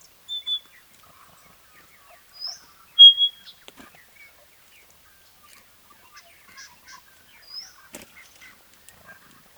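Pardalote calls: a few brief, high whistled notes scattered throughout, the clearest a short level whistle near three seconds, with faint clicks and soft chirps between.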